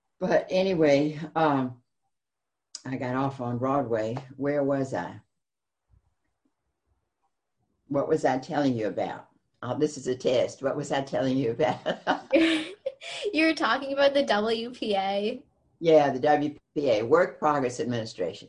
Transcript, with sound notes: But anyway, I got off on Broadway, where was I? What was I telling you about? This is a test, what was I telling you about?
(Laughter) You were talking about the WPA.
Yeah, the WPA, Work Progress Administration.